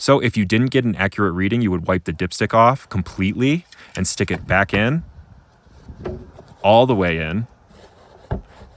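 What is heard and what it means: On a 2016 Mazda CX-5, the wiped-clean engine oil dipstick is pushed all the way back into its tube while someone talks. A short click at 8.3 s marks the O-ring on the handle seating, so the dipstick is home and ready to give an accurate oil reading.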